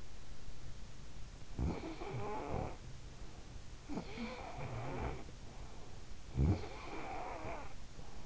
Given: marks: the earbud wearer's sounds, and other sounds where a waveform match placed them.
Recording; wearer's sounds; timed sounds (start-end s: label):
sounds in sleep by an in-ear microphone; snoring breath
0.77-3.29 s: snoring breath
3.58-8.26 s: snoring breath